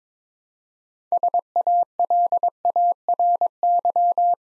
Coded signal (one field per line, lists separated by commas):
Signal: Morse code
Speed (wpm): 22 wpm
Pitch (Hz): 700 Hz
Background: none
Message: SALARY